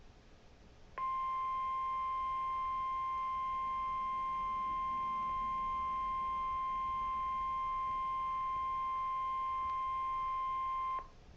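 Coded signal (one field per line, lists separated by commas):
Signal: Emergency Alert System (SAME) tones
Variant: 1050 Hz attention tone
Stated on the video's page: Required Weekly Test on NOAA weather radio KIX94, Angola, Indiana, 162.425 MHz.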